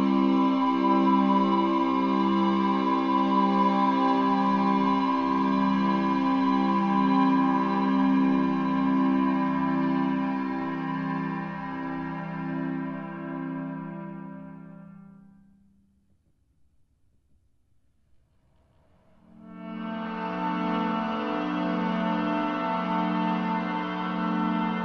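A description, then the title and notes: A harmonica is breathed through in long, buzzing chords that pulse steadily, fade to silence around fifteen seconds, then swell back near twenty. Breathing in and out of a harmonica.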